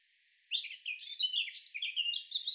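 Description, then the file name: Eurasian blackcap singing a fast, scratchy warble of short tumbling notes with a few sharper high accents, continuous for about two seconds. "Sylvia atricapilla"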